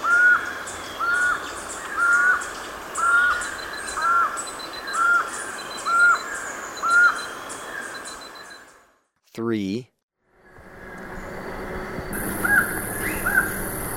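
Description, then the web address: Black-mandibled toucan calls: short yelping notes repeated about once a second for about seven seconds, then a sudden electronic sweep, a gap, and a couple of faint calls. Recorded in Ecuador. "Birds of Ecuador. Black-mandibled Toucan"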